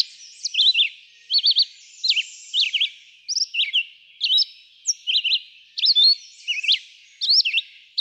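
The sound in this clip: Red-eyed vireo song: clipped, up-and-down whistled phrases in quick succession, each one brief and slightly different.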